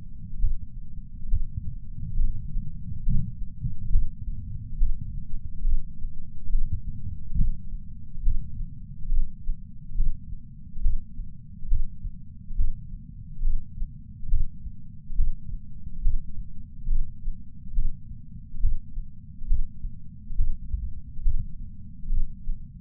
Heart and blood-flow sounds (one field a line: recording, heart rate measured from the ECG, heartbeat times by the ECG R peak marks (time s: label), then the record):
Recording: heart sounds by patch sensor on the chest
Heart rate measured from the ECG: 69 bpm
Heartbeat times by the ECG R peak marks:
0.40 s: heartbeat
1.29 s: heartbeat
2.17 s: heartbeat
3.04 s: heartbeat
3.91 s: heartbeat
4.78 s: heartbeat
5.65 s: heartbeat
6.51 s: heartbeat
7.37 s: heartbeat
8.23 s: heartbeat
9.09 s: heartbeat
9.95 s: heartbeat
10.83 s: heartbeat
11.69 s: heartbeat
12.57 s: heartbeat
13.43 s: heartbeat
14.29 s: heartbeat
15.16 s: heartbeat
16.03 s: heartbeat
16.88 s: heartbeat
17.74 s: heartbeat
18.62 s: heartbeat
19.47 s: heartbeat
20.36 s: heartbeat
21.24 s: heartbeat
22.10 s: heartbeat
From the record:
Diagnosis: coronary artery disease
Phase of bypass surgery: preoperative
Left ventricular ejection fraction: 58.9%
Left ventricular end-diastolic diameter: 51 mm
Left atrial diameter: 51 mm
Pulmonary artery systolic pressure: 40 mmHg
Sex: male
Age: 73 years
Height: 170 cm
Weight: 85 kg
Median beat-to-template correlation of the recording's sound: 0.81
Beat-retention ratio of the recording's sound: 0.95